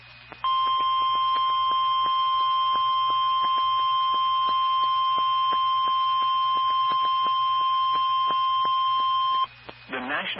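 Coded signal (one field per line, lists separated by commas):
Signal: Emergency Alert System (SAME) tones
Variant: 1050 Hz attention tone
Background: speech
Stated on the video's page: SAME tones on NOAA Weather Radio transmitters for severe thunderstorm, tornado and flood watches and warnings.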